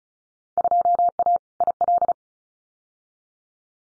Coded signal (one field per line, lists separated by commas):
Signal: Morse code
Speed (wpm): 36 wpm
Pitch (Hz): 700 Hz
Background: none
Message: 2A IL